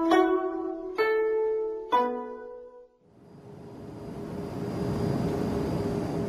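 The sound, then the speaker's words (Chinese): Three descending chime tones ring out one after another, then give way to a steady, broad roar of airplane cabin noise as the plane hits turbulence and shakes hard; the roar swells slightly and holds to the end. “乘客们，飞机现在遇到了气流，颠簸得很厉害，请马上系好安全带，收起小桌板，调直座椅靠背。”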